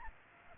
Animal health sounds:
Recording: mosquito wingbeat signal from an infrared sensor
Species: Aedes aegypti

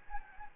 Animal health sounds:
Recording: mosquito wingbeat signal from an infrared sensor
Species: Anopheles gambiae

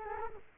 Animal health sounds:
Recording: mosquito wingbeat signal from an infrared sensor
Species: Culex quinquefasciatus

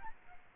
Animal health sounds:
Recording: mosquito wingbeat signal from an infrared sensor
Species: Aedes albopictus

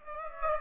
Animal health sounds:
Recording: mosquito wingbeat signal from an infrared sensor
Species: Aedes aegypti

